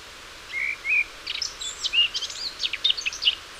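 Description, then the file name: Eurasian blackcap song: two whistled notes, then a fast, varied warble of high, scratchy and fluty notes. "Sylvia atricapilla"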